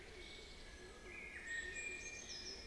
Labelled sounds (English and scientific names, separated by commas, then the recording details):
Eurasian Blue Tit (Cyanistes caeruleus)
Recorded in Germany
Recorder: ecoPi